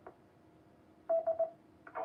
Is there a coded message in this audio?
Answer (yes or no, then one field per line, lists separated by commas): no